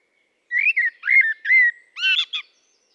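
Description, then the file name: Common blackbird song: a single phrase of clear, mellow whistled warbling, closed by a short, squeaky high flourish. "Turdus merula"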